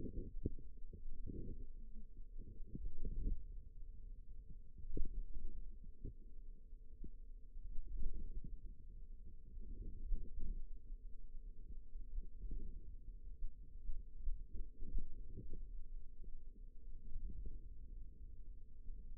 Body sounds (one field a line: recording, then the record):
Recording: forearm muscle sounds (acoustic myography)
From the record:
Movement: hand opening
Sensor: system 2, bracelet of six BSWA MPA416 microphones around the upper forearm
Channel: 4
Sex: female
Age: 22 years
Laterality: right